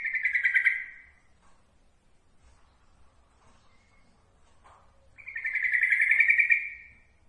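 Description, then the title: Yellow-vented bulbul song: two long, pulsing high trills at a steady pitch, separated by about four seconds of near silence with a few soft notes. Masteran training recording of trucukan song. "Masteran Ampuh Suara Trucukan"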